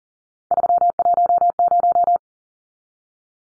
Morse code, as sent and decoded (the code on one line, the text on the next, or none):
...-- .---- -----
310